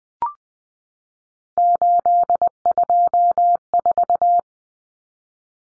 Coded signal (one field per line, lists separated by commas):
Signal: Morse code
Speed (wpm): 20 wpm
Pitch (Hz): 700 Hz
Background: none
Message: 824